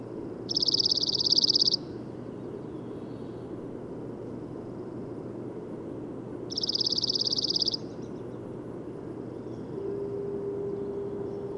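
Bird song: two rapid high trills roughly six seconds apart, each just over a second, with a faint steady tone near the end and low background hiss.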